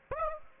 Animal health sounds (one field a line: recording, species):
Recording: mosquito wingbeat signal from an infrared sensor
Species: Aedes aegypti